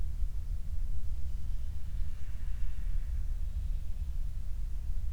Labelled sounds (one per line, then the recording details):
near silence
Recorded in the Prudhoe Bay oil fields, Alaska, on 28 July 2019 at 06:05
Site 25